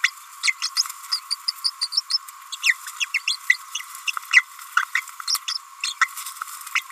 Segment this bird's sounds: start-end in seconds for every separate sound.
0.04-0.07, 0.43-0.50, 0.77-0.82, 1.12-1.19, 1.31-1.35, 1.48-1.51, 1.64-1.70, 1.81-1.87, 1.92-2.00, 2.10-2.17, 2.52-2.56, 2.63-2.73, 3.00-3.05, 3.14-3.17, 3.27-3.36, 3.50-3.53, 3.75-3.79, 4.07-4.11, 4.33-4.42, 4.76-4.82, 4.95-5.00, 5.28-5.36, 5.54-5.57, 5.83-5.92, 6.01-6.05, 6.75-6.79